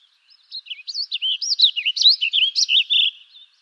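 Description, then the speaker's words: Warbling Vireo singing one rapid, run-on warble of twisting, slurred notes lasting about three seconds, ending with softer notes. Song remembered by the mnemonic 'If I see you, then I'll seize you and I'll squeeze you till you squirt'. "The warbling vireo has a mnemonic that goes, "If I see you, then I'll seize you and I'll squeeze you till you squirt.""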